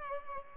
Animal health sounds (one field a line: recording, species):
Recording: mosquito wingbeat signal from an infrared sensor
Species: Culex pipiens